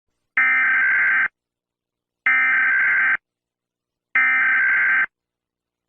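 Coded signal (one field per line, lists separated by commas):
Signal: Emergency Alert System (SAME) tones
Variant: header bursts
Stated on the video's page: Fictional scenario alert, not a real broadcast.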